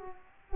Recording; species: mosquito wingbeat signal from an infrared sensor; Culex quinquefasciatus